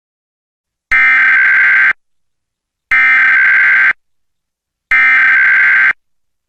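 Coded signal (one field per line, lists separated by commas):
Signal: Emergency Alert System (SAME) tones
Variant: header bursts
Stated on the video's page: Mock reenactment of a Texas Required Monthly Test using valid EAS tones.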